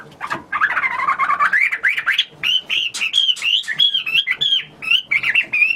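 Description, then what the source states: Hwamei song, a continuous loud sequence of clear, slurred whistles, some repeated before shifting to new ones. Recorded in China.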